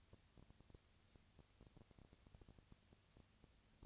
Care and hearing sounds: daily activity, microphone in the room; no activity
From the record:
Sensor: 2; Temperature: 20.1 degrees Celsius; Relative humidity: 35.5%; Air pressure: 997.0 hPa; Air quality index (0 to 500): 198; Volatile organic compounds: 30 ppm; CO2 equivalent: 2963 ppm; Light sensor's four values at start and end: 2/3/2/2 and 2/3/2/2

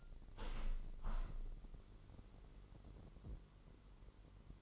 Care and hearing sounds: daily activity, microphone in the room; open window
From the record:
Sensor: 4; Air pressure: 999.3 hPa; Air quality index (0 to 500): 118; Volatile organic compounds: 2 ppm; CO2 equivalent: 1160 ppm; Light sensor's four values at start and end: 16/38/16/18 and 16/38/16/18

